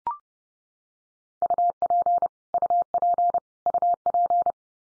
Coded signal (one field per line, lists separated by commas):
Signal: Morse code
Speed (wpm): 30 wpm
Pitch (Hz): 700 Hz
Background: none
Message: UP UP UP